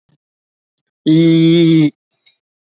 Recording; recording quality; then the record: sustained vowel as in beet; excellent, no background noise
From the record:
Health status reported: healthy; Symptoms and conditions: none ticked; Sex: male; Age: 19 years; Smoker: not ticked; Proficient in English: yes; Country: India